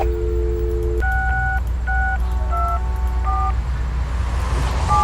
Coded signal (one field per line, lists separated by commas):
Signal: DTMF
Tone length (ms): 280 ms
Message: 6624